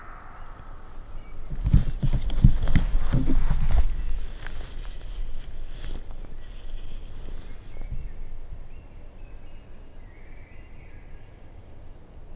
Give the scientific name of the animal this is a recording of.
Capreolus capreolus